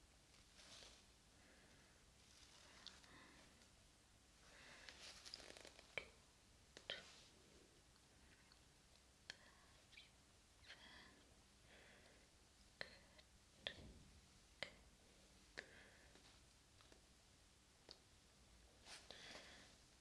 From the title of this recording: Face Massage and Face Brushing